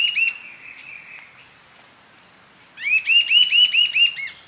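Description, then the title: Sibilant sirystes calling: the end of one call, a short pause, then a fast run of about eight clear, arched whistled notes, each sliding up then down. Subspecies sibilator, assumed from the recording location. "LuckyPassaro Completos2Sama. Sibilant Sirystes (Sirystes sibilator sibilator (ssp assumed from location))"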